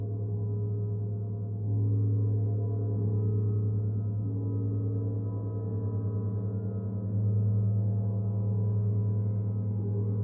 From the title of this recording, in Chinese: 銅鑼練習Gong